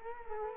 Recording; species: mosquito wingbeat signal from an infrared sensor; Culex quinquefasciatus